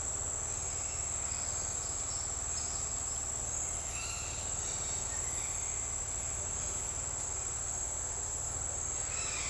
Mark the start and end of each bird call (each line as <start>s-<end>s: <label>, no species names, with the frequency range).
3.90s-4.35s: bird call (0.9-4.9 kHz)